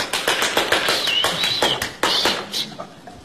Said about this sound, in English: East Windy people clap their hands and make a lot of noise